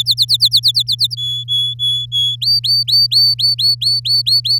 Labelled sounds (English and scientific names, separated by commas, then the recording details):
Domestic Canary (Serinus canaria) song
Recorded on 8 May 2018 at 12:54
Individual llb16